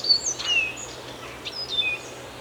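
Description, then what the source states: Birds singing together, with thin high whistles and quick chirps overlapping over a steady low hum. Birds singing in a forest.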